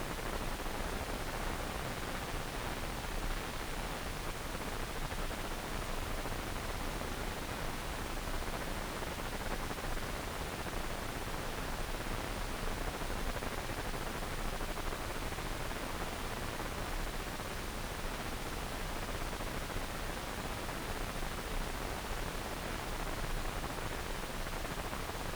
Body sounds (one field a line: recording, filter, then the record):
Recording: brain microelectrode recording played as sound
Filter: wide band, above 20 Hz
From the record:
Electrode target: subthalamic nucleus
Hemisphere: left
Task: reaching with the right hand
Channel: 1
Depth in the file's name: 1.267 mm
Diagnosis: Parkinson's disease